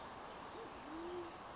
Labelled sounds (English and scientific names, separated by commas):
Band-tailed Pigeon (Patagioenas fasciata)